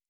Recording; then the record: hydrophone in a shrimp aquaculture tank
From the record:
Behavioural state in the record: normal